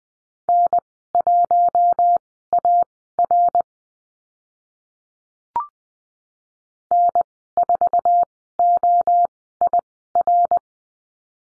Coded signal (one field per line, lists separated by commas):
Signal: Morse code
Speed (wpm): 20 wpm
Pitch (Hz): 700 Hz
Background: none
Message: N1AR N4OIR